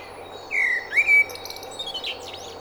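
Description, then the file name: Common blackbird song: one short fluted phrase, gliding down and then up, followed by thin high twittering notes. "Turdus merula"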